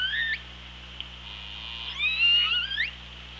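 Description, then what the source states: Killer whale calls: harmonic whistled cries that sweep upward, one at the start and a longer overlapping series near the end, over steady underwater hiss. Recorded on the OrcaLab hydrophone, 24 August 2017 at 07:44:09.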